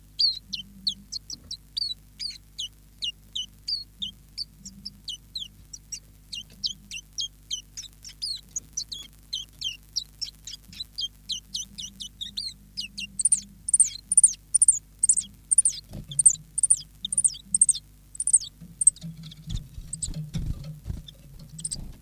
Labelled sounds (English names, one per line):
Common Chiffchaff